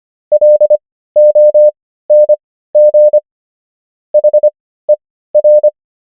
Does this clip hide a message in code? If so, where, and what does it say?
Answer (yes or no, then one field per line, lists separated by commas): yes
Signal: Morse code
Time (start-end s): 0.3-5.7 s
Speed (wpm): 25 wpm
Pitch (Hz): 600 Hz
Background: none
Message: LONG HER